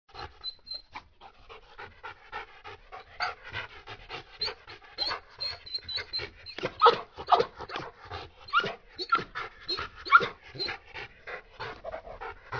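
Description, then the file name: Dog panting with rapid, uneven breathy puffs. "Sedaye Nafas Zadane Sag"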